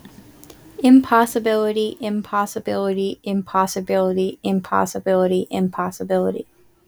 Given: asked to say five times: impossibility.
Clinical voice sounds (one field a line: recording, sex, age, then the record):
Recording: repeated word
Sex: female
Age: 18 to 19 years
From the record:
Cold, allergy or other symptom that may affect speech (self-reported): no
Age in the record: 19 years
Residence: Iowa, United States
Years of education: 14